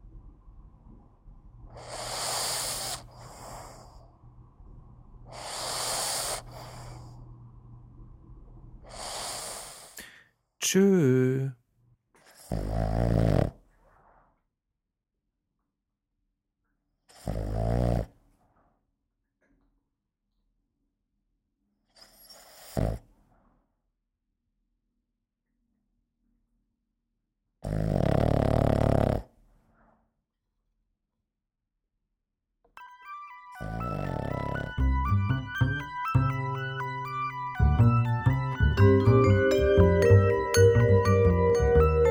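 Puppy day: rhythmic snuffling and breathing for the first ten seconds, then a handful of short, separate sniffs and snorts broken by near silence. From about half a minute in, the scene turns busy with voices and bright, tinkling tones.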